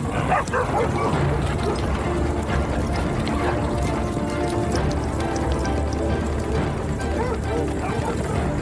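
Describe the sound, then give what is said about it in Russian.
A pack of borzoi hunting hounds barks and yelps continuously in a dense, overlapping chorus, with higher whines mixed in and a steady loud bustle underneath. “Не думаю, что борзы спутают меня с лисой.”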